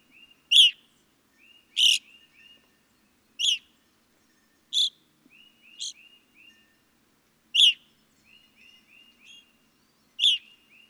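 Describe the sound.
Evening grosbeak calling repeatedly: loud, strident chirps at irregular intervals, interspersed with soft, short notes.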